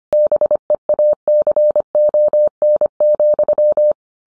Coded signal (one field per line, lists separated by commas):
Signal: Morse code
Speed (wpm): 25 wpm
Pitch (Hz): 600 Hz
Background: none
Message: BEACON,